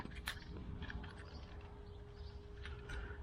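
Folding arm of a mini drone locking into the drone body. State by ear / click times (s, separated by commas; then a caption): seated / 0.3 s, 0.6 s, 0.9 s, 2.6 s. The swing-out plastic arms of a DEERC D40 mini foldable 1080p camera drone are unfolded, and each arm snaps into its open, locked position against the drone body with a short click at 0.3, 0.6, 0.9 and 2.6 seconds. A steady hum runs underneath, and the arms are seated.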